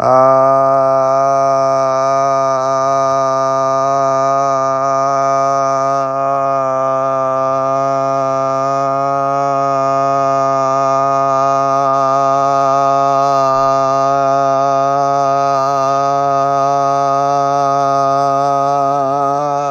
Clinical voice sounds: sustained vowel /a/; male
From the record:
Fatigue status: no fatigue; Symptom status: asymptomatic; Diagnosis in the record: COVID-19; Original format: m4a

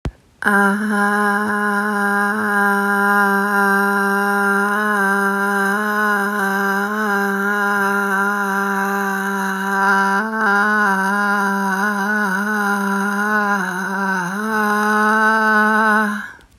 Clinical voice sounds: sustained vowel /a/; female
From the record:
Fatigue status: no fatigue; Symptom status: asymptomatic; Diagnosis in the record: COVID-19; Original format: m4a

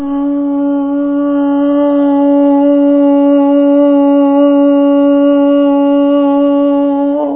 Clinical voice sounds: sustained vowel /a/; female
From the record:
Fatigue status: no fatigue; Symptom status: symptomatic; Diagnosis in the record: COVID-19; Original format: 3gp

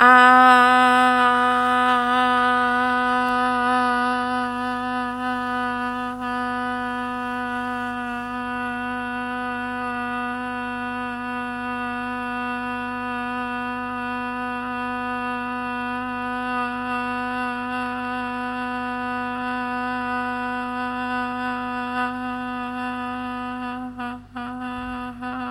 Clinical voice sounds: sustained vowel /a/; female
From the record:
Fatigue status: no fatigue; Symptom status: symptomatic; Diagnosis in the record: COVID-19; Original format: m4a

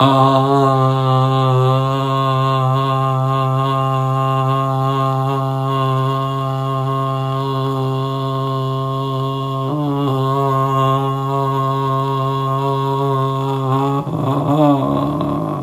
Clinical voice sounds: sustained vowel /a/; male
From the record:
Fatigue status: no fatigue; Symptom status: asymptomatic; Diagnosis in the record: COVID-19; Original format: m4a

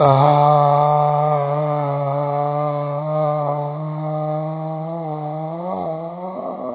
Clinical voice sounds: sustained vowel /a/; male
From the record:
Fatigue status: fatigue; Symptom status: symptomatic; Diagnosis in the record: COVID-19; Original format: 3gp

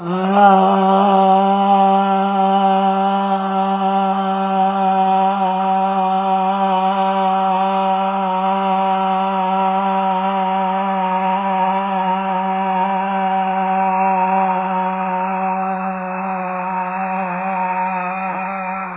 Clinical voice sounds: sustained vowel /a/; male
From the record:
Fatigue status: fatigue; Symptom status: symptomatic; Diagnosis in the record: COVID-19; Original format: 3gp

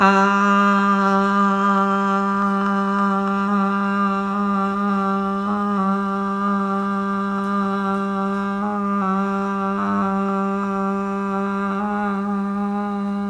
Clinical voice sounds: sustained vowel /a/; female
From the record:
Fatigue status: fatigue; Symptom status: symptomatic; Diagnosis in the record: COVID-19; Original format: m4a

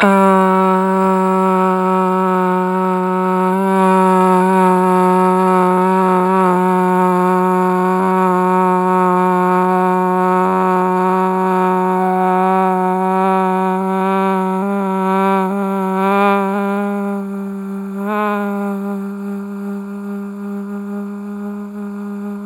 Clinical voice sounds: sustained vowel /a/; female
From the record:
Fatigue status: no fatigue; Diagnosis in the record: COVID-19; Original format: m4a

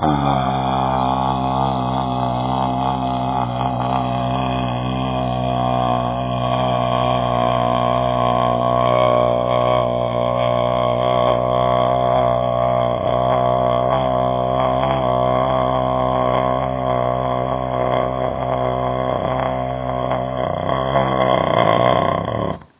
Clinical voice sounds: sustained vowel /a/; male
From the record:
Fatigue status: no fatigue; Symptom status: asymptomatic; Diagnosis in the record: COVID-19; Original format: 3gp

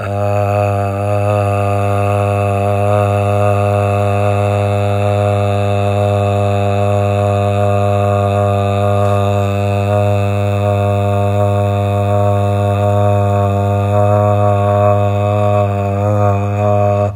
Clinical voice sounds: sustained vowel /a/; male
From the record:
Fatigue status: no fatigue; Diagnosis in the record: COVID-19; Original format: m4a

